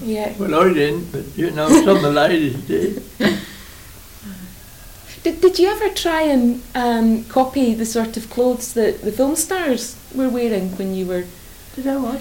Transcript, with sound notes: Yeah.
Well I didn't but you know, but some of the ladies did.
[laughs] Did you ever try and copy the sort of clothes that the film stars were wearing when you were--
Did I what?